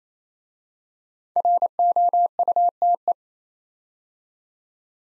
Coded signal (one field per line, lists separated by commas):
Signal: Morse code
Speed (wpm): 27 wpm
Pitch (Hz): 700 Hz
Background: none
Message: ROUTE